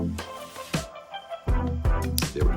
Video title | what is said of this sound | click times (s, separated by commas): BLOKEES!! | we go and then you'll hear that snpp because that's actually brilliant | 2.2 s